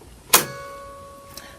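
The hand wheel of a PFAFF admire air 7000 air-threading serger is turned toward the operator, and at 0.3 s the air threading tubes lock into place with a sharp, bright click. A faint metallic ring lingers for about a second, followed by a small tick near 1.4 s. The tubes are seated, ready for threading.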